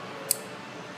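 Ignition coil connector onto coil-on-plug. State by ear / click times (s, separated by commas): seated / 0.3 s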